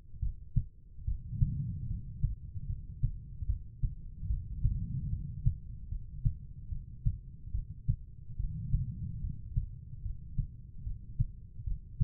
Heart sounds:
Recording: heart sounds by stethoscope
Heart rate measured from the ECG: 73 bpm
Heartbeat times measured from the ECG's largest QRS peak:
0.20 s: heartbeat
1.05 s: heartbeat
1.87 s: heartbeat
2.67 s: heartbeat
3.46 s: heartbeat
4.27 s: heartbeat
5.10 s: heartbeat
5.89 s: heartbeat
6.69 s: heartbeat
7.52 s: heartbeat
8.37 s: heartbeat
9.21 s: heartbeat
10.02 s: heartbeat
10.83 s: heartbeat
11.64 s: heartbeat
From the record:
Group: healthy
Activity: rest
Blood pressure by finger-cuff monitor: 117/77 mmHg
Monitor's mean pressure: 91 mmHg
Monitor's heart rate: 72 bpm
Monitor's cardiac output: 5.5 L/min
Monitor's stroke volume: 76 mL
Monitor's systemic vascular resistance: 1250 dyn s/cm5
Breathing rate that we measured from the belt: 17 breaths a minute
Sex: female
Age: 43 years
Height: 160 cm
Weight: 90 kg

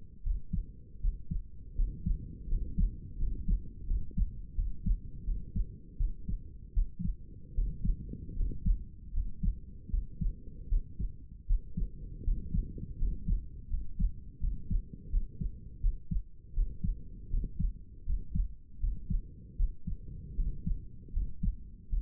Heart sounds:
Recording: heart sounds by stethoscope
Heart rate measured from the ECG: 80 bpm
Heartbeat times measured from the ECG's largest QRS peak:
0.22 s: heartbeat
1.00 s: heartbeat
1.75 s: heartbeat
2.48 s: heartbeat
3.17 s: heartbeat
3.86 s: heartbeat
4.54 s: heartbeat
5.24 s: heartbeat
5.97 s: heartbeat
6.73 s: heartbeat
7.54 s: heartbeat
8.35 s: heartbeat
9.12 s: heartbeat
9.90 s: heartbeat
10.68 s: heartbeat
11.46 s: heartbeat
12.23 s: heartbeat
12.97 s: heartbeat
13.69 s: heartbeat
14.40 s: heartbeat
15.10 s: heartbeat
15.80 s: heartbeat
16.53 s: heartbeat
17.30 s: heartbeat
18.05 s: heartbeat
18.79 s: heartbeat
19.56 s: heartbeat
20.35 s: heartbeat
21.12 s: heartbeat
21.89 s: heartbeat
From the record:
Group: healthy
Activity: rest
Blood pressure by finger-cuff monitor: 108/69 mmHg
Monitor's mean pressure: 77 mmHg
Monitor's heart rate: 80 bpm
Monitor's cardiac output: 6.9 L/min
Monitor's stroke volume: 85 mL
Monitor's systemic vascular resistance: 790 dyn s/cm5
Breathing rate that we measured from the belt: 13 breaths a minute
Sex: male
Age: 35 years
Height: 180 cm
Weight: 86.9 kg

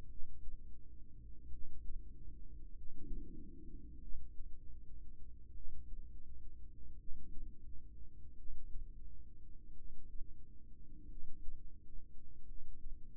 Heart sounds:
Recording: heart sounds by microphone in the left ear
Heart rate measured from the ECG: 44 bpm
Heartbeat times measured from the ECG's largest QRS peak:
0.09 s: heartbeat
1.51 s: heartbeat
2.74 s: heartbeat
4.01 s: heartbeat
5.54 s: heartbeat
6.98 s: heartbeat
8.36 s: heartbeat
9.76 s: heartbeat
11.09 s: heartbeat
12.47 s: heartbeat
From the record:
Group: heart failure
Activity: rest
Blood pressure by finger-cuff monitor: 122/59 mmHg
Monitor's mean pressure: 81 mmHg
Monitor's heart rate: 43 bpm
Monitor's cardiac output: 5.7 L/min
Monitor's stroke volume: 131 mL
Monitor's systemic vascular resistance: 1030 dyn s/cm5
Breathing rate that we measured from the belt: 15 breaths a minute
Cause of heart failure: familial cardiomyopathy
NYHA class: 1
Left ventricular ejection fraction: 49%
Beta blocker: bisoprolol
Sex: male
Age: 31 years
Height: 194 cm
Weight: 96 kg

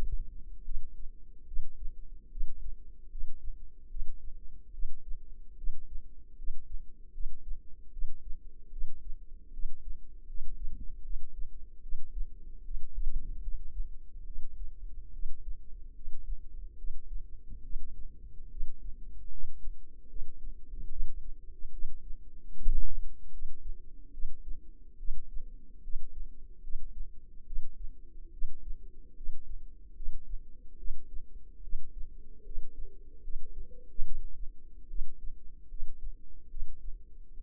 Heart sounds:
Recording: heart sounds by microphone in the left ear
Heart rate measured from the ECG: 74 bpm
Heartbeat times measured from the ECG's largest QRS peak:
0.63 s: heartbeat
1.45 s: heartbeat
2.29 s: heartbeat
3.09 s: heartbeat
3.88 s: heartbeat
4.71 s: heartbeat
5.55 s: heartbeat
6.36 s: heartbeat
7.12 s: heartbeat
7.90 s: heartbeat
8.70 s: heartbeat
9.51 s: heartbeat
10.26 s: heartbeat
11.02 s: heartbeat
11.81 s: heartbeat
12.63 s: heartbeat
13.41 s: heartbeat
14.24 s: heartbeat
15.11 s: heartbeat
15.94 s: heartbeat
16.76 s: heartbeat
17.62 s: heartbeat
18.49 s: heartbeat
19.29 s: heartbeat
20.07 s: heartbeat
20.88 s: heartbeat
21.70 s: heartbeat
22.53 s: heartbeat
23.30 s: heartbeat
24.11 s: heartbeat
24.97 s: heartbeat
25.81 s: heartbeat
26.61 s: heartbeat
27.44 s: heartbeat
28.30 s: heartbeat
29.14 s: heartbeat
29.94 s: heartbeat
30.76 s: heartbeat
31.61 s: heartbeat
32.43 s: heartbeat
33.21 s: heartbeat
34.03 s: heartbeat
34.87 s: heartbeat
35.68 s: heartbeat
36.48 s: heartbeat
37.31 s: heartbeat
From the record:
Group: healthy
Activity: rest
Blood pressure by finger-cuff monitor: 108/84 mmHg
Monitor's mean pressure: 91 mmHg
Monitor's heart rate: 74 bpm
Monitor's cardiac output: 5.5 L/min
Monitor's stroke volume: 76 mL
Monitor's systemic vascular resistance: 1210 dyn s/cm5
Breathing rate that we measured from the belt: 18 breaths a minute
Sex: female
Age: 22 years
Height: 160 cm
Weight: 45 kg

